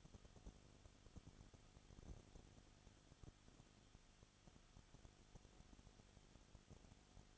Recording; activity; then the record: daily activity, microphone in the room; no activity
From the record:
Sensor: 4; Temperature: 22.7 degrees Celsius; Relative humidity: 31.7%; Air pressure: 995.4 hPa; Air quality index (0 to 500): 158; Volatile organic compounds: 2 ppm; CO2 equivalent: 1252 ppm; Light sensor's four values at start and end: 2/3/1/1 and 2/3/1/1